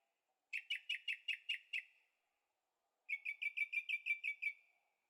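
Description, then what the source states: Bird song: two rapid trills of about eight short, even notes each, at mid-high pitch, separated by a second of silence. Birds singing at night in Carefree, Arizona; recorded in stereo on a Zoom H6.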